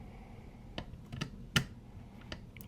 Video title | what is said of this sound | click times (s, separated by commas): XRAY XB2d 2025 Dirt Edition Part 3 Assembly Continues | It's going to kind of click into place. | 1.6 s